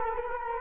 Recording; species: mosquito wingbeat signal from an infrared sensor; Culex quinquefasciatus